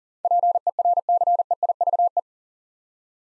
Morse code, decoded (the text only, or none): PERCEIVE